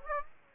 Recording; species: mosquito wingbeat signal from an infrared sensor; Aedes aegypti